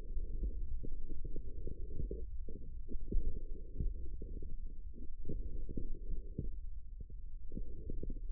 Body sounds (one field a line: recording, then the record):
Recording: forearm muscle sounds (acoustic myography)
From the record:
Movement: forearm pronation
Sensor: system 1, eight BSWA MPA416 microphones around the upper forearm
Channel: 6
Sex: male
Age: 18 years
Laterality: right